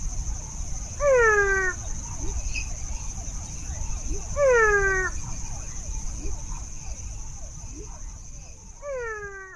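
Physalaemus marmoratus frog calls: three whining, downward-sweeping harmonic notes a few seconds apart, over a steady high hum and low background noise.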